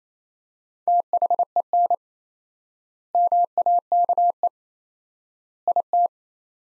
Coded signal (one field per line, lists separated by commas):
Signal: Morse code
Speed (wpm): 28 wpm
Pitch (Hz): 700 Hz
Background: none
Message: THEN MAKE IT